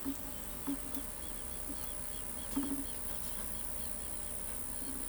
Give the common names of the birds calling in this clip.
none